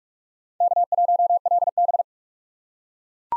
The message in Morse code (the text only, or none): K1LB